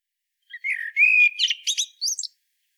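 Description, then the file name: Common blackbird song: a low, mellow whistled phrase slides and holds, then breaks into a brief squeaky, high twitter at the end; otherwise quiet. "Turdus merula"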